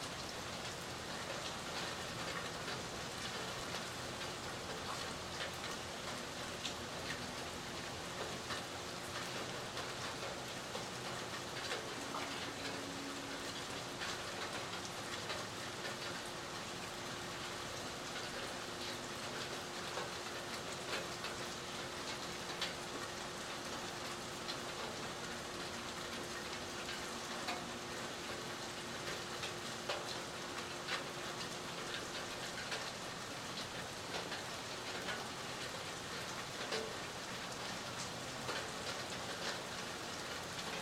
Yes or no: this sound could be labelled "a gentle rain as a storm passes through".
yes